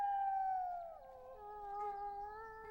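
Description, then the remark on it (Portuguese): A wolf lets out one long, unbroken howl, its pitch sliding downward early on, then holding a steady mournful tone with a slight rise near the end. No voices accompany it. “Acho que não é um lobo, Chuck. Se fosse a gente ouvir ele dizer...”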